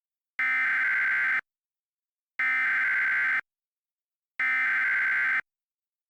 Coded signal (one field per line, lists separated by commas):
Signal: Emergency Alert System (SAME) tones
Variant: header bursts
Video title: EAS SCENARIO: The Ultimate Hijacking *Valid EAS tones